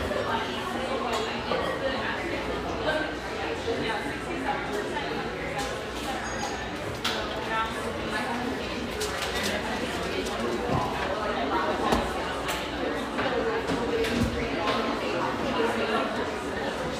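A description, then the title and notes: Many overlapping voices talk at once in an exposed-brick spot in Overlook, Portland, a steady, dense murmur of conversation at an even level throughout. Sharp clinks and knocks cut through now and then, notably around seven, twelve and fourteen seconds. Overlook, Portland, Oregon. Riverside on Portland's east Willamette banks, this industrial neighborhood sports some quality coffeehouses, including this mellow, exposed-brick gem frequented by railyard staff.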